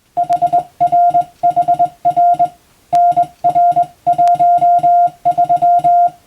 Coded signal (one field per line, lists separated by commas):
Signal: Morse code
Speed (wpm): 21 wpm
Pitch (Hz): 700 Hz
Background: music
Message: HRHR NR13